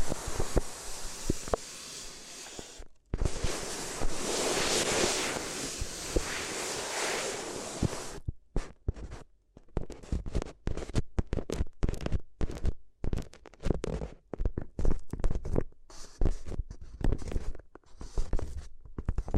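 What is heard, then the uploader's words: Paper rustles and crinkles in an ASMR recording. For the first eight seconds it is a dense, continuous rushing scrunch, broken by a brief gap near three seconds. After that it turns into rapid, irregular crackles and taps with short silences between them. ASMR If You Had Paper Ears (No Talking).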